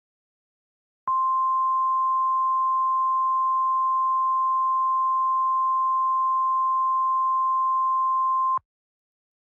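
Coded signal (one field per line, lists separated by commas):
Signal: Emergency Alert System (SAME) tones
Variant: 1050 Hz attention tone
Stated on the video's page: Fictional EAS scenario about a fire meteor, made as a Christmas special.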